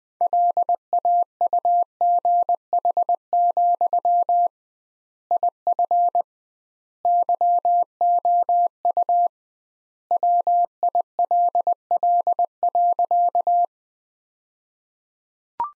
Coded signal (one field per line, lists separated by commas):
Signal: Morse code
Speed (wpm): 21 wpm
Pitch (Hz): 700 Hz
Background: none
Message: LAUGH, IF YOU WILL.